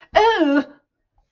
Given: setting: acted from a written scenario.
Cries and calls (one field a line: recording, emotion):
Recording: vocal sound without words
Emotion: negative surprise